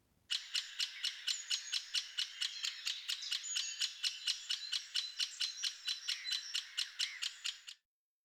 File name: grote bonte specht